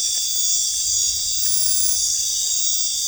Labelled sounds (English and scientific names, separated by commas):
none